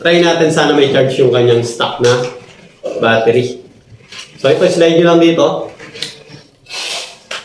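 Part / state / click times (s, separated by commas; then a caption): battery pack into laser level / seated / 7.3 s. Someone talks while sliding the stock battery pack into a laser level's battery slot. A sharp click at 7.3 s marks the battery latching into place, and the battery is confirmed seated in the tool.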